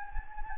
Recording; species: mosquito wingbeat signal from an infrared sensor; Anopheles gambiae